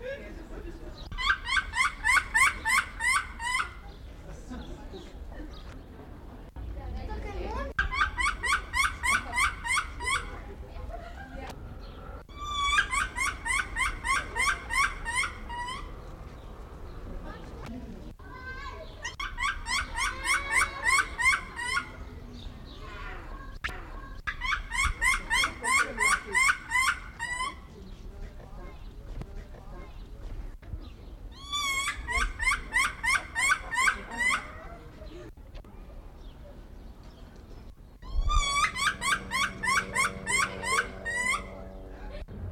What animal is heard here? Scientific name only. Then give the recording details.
Speothos venaticus. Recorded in captivity. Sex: male. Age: adult. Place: Zoo Berlin, Berlin, DE. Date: 1994-04-16 13:30. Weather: heiter, 7-12°C. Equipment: Marantz CP 430, Sennheiser ME 80, Kopie Uher Variocord 263. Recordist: Tembrock, Günter